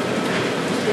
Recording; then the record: background sound without coughing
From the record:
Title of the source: Office Sounds Ambience - Background Noise for Study and Work